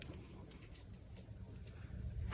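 A crimped metal contact pin is handled and pushed toward the plastic housing of a solar cable connector, with faint low rustling and soft handling noise that grows louder toward the end. Nothing has seated or clicked yet when the clip ends.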